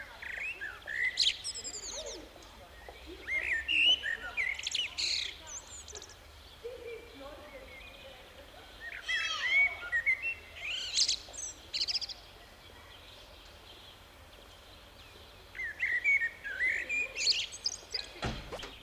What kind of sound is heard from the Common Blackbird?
song